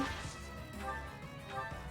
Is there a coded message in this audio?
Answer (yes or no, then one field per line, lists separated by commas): no